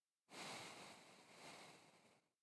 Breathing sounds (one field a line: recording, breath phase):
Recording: one breath near a microphone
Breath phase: exhalation